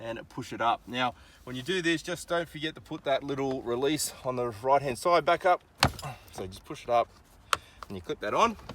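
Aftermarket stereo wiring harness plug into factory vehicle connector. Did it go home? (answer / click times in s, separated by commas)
no / none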